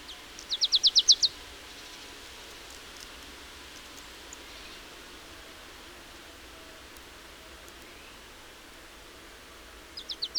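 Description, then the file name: Marsh tit: a short burst of about seven high, downslurred notes, then a long pause with steady background hiss, and another burst starting at the end. "Poecile palustris"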